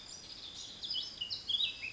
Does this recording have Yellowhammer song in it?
no